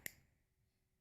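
A plastic lancet is pushed into the holder of a lancing device and clicks into place at 0.1 s, a single sharp, bright click followed by quiet. The click means the lancet is engaged and ready to prick the finger.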